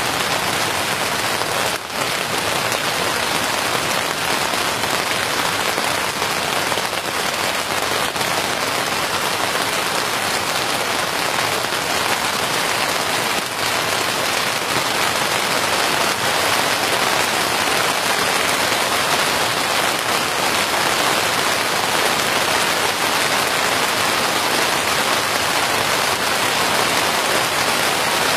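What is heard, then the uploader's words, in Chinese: Rain drums steadily on a tent, a dense, even patter of countless drops that holds at the same level for the whole half minute. The sound is bright, with a faint low hiss underneath and a brief soft thump near two seconds. 大自然下雨声音助眠。雨打帐篷。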